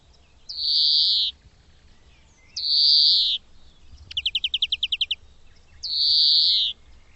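Bird calling: three long high whistles sliding slightly downward, with one fast rattling trill between the second and third.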